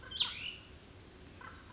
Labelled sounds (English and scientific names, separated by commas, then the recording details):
Cassin's Vireo (Vireo cassinii)
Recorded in Sonoma County, California